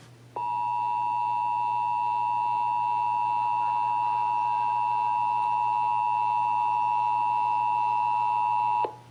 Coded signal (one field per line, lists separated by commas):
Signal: Emergency Alert System (SAME) tones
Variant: 853 and 960 Hz attention tone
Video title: (EAS #547-552) December 2023 Texas Required Monthly Test